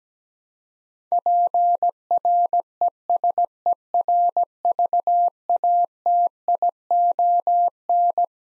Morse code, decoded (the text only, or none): PRESERVATION